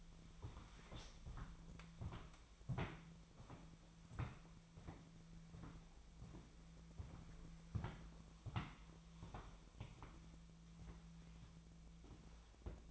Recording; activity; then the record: daily activity, microphone in the room; walk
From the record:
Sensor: 1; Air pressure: 1008.3 hPa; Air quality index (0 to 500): 192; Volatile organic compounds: 17 ppm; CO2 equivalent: 2596 ppm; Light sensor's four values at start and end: 17/42/17/19 and 16/42/17/19